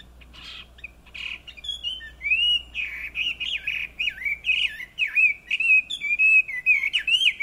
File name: Garrulax canorus